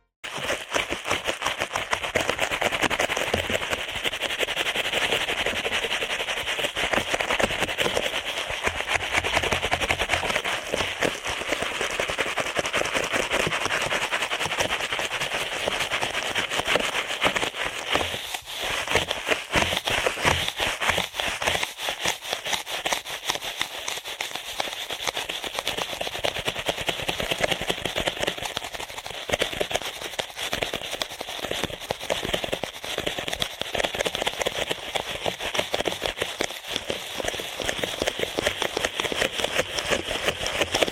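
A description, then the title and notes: Ear cleaning at helicopter speed: a dense, rapid crackle and rustle that never lets up for the whole stretch. The scratchy bursts are bright and tightly packed, with a steady high hiss running underneath, and the level stays nearly constant throughout. ASMR Ear Cleaning at Helicopter Speed.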